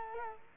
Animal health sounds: mosquito wingbeat signal from an infrared sensor; Culex quinquefasciatus

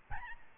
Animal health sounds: mosquito wingbeat signal from an infrared sensor; Aedes albopictus

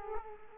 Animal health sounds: mosquito wingbeat signal from an infrared sensor; Culex quinquefasciatus

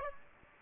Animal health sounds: mosquito wingbeat signal from an infrared sensor; Aedes aegypti

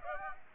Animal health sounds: mosquito wingbeat signal from an infrared sensor; Aedes aegypti

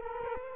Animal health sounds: mosquito wingbeat signal from an infrared sensor; Culex quinquefasciatus

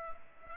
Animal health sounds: mosquito wingbeat signal from an infrared sensor; Culex pipiens

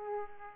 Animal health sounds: mosquito wingbeat signal from an infrared sensor; Aedes aegypti

